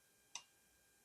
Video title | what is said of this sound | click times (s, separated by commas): Jeep Compass Brake Light Switch Change Remove and Replacement P0571 P0572 Codes | okay then it's locked | 0.4 s